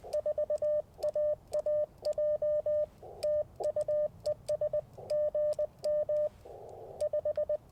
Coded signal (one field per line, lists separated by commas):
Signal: Morse code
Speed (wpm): 25 wpm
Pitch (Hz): 590 Hz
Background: radio noise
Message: 4AAJ TU ES GM 5